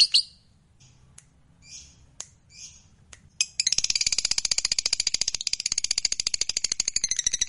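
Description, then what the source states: Lovebird song, scattered short squeaky chirps and clicks, then an unbroken rapid chatter of high, metallic ticking notes. Fighter lovebird singing energetically (gacor).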